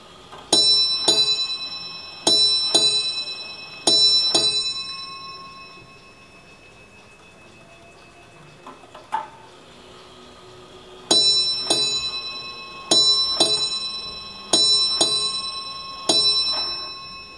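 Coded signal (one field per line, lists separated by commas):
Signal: ship's bell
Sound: clear bell strikes in pairs: five, then a pause, then seven, each ringing out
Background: quiet room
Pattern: 2-2-2-1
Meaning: Seven bells of the current watch, struck in pairs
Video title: SCHATZ TOP Clock Germany Royal Mariner Ships BELL Nautical Chime Bell Wall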